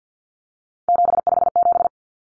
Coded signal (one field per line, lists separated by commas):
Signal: Morse code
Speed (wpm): 50 wpm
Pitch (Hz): 700 Hz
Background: none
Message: 757